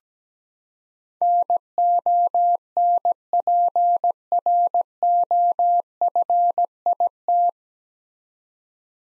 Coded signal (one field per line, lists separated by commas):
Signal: Morse code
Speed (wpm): 17 wpm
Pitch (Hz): 700 Hz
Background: none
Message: NONPROFIT